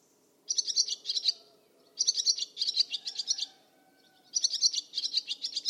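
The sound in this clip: Barn swallow twittering: three bursts of rapid, scratchy chirps separated by short silences.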